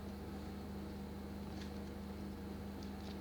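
An external battery box is slid onto its mount under a laptop and lined up, heard as faint scraping against a steady low hum. Nothing has seated or clicked yet.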